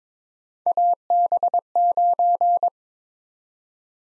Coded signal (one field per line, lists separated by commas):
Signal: Morse code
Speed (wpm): 22 wpm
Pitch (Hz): 700 Hz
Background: none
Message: AB9